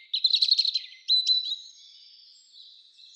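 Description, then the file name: European robin song: a rapid jumble of high twittering notes, two brief sharp notes, then a long thin sustained whistle. "Erithacus rubecula"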